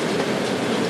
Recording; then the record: background sound without coughing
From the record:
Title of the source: Office Sounds Ambience - Background Noise for Study and Work